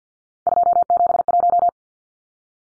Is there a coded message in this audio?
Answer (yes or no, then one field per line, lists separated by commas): yes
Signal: Morse code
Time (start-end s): 0.5-1.7 s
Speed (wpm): 50 wpm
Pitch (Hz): 700 Hz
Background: none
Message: 271